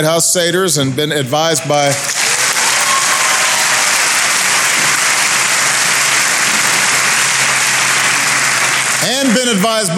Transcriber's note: applause